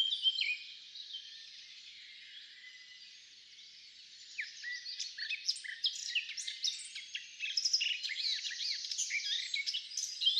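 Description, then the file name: Eurasian blackcap giving a soft, quiet warble at first, then a busier stream of scratchy, twittering high notes growing louder over the second half. "Sylvia atricapilla"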